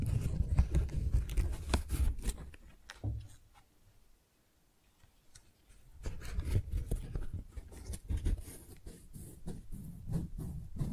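Crisp rustling and crinkling as flowers are handled, with dense little clicks and snaps layered over a soft low rubbing. The sounds stop for a near-silent pause from about three and a half to six seconds, then the busy crackling handling resumes to the end.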